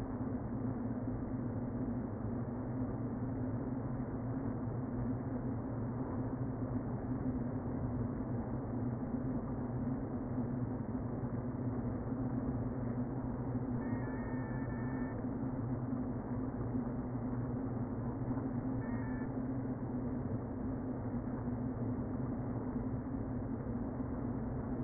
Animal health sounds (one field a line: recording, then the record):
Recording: honeybee colony, microphone inside the hive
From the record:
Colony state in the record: queen present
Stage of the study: before two queens were removed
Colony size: about 60,000 bees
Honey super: yes